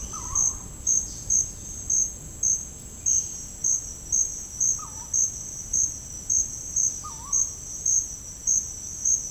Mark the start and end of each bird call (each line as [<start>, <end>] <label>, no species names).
[0.00, 0.56] bird call
[0.96, 1.29] bird call
[2.89, 3.26] bird call
[4.75, 7.37] bird call